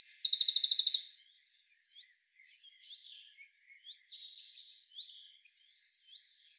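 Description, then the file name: Eurasian wren song: a loud, rapid, high metallic trill lasting about a second, ending in a sharp note, followed by faint scattered chirps. "Troglodytes troglodytes"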